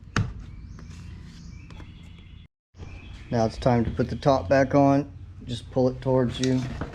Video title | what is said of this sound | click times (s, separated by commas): Bolens Push Lawnmower won't start or run step by step carburetor cleaning fix! | make sure it's snapped in place | 0.2 s